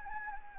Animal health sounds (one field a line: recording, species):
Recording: mosquito wingbeat signal from an infrared sensor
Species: Anopheles gambiae